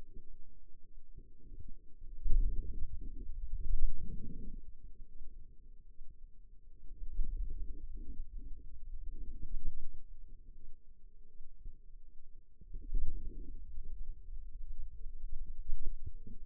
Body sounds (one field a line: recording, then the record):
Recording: forearm muscle sounds (acoustic myography)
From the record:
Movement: radial deviation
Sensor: system 2, bracelet of six BSWA MPA416 microphones around the upper forearm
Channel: 1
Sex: female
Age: 23 years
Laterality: right